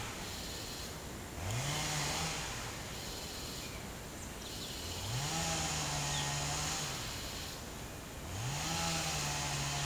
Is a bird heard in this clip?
no